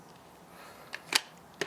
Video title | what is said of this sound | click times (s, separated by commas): Mrliance 40volt Cordless Pressure Washer | and those of course just like the main unit just click into place blue button to release | 1.2 s